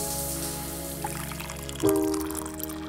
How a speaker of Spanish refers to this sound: Te levantas. Una ducha.